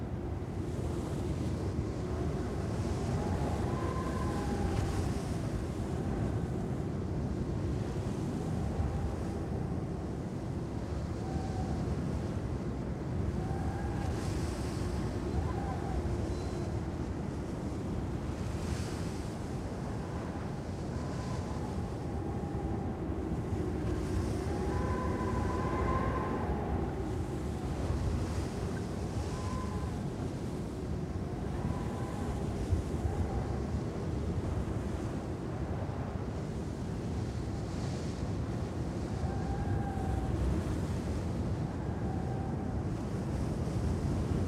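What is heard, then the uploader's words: A steady, calm desert wind blows without letup, a deep low rush that fills the whole recording at an even level. Faint, brief whistling tones rise above it every few seconds, with slightly stronger gusts around the middle. Desert and Calm Wind. Peaceful sound of white noise.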